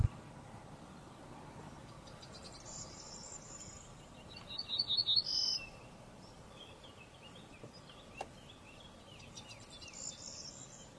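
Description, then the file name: Ortolan bunting song: a single short phrase of ringing high notes midway, then quiet, with faint insect hiss and chirps from other birds. "Canto do hortulana"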